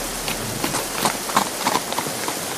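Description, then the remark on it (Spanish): A heavy rain downpour pours down in a dense, steady hiss, broken by scattered sharper spatters and splashes; no one speaks. “¡Ya se soltó el aguacero!”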